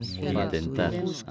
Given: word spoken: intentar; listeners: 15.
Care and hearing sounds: one Spanish word in noise, from a listening test; four-talker babble; -1.3 dB; 3 of 15; 10 of 15; 0.92 s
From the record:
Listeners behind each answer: 10, 3, 2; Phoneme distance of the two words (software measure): 24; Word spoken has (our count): 3 syllables, 8 phonemes, stress on syllable 3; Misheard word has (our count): 3 syllables, 8 phonemes, stress on syllable 3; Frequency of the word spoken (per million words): 44.47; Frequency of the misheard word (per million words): 0.50

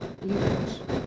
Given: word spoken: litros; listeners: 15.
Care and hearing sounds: one Spanish word in noise, from a listening test; noise modulated by three-talker babble; -5.3 dB; 1 of 15; 10 of 15; 0.66 s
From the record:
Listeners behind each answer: 10, 2, 2, 1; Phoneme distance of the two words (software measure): 10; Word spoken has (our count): 2 syllables, 6 phonemes, stress on syllable 1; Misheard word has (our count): 2 syllables, 6 phonemes, stress on syllable 1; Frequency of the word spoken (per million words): 16.19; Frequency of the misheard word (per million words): 112.38

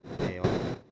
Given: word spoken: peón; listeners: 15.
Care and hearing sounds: one Spanish word in noise, from a listening test; noise modulated by one talker; -9.9 dB; 2 of 15; 11 of 15; 0.52 s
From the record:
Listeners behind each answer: 11, 2, 1, 1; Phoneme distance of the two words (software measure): 10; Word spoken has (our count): 2 syllables, 4 phonemes, stress on syllable 2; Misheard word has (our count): 2 syllables, 4 phonemes, stress on syllable 2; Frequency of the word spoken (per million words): 4.20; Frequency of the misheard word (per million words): 69.09

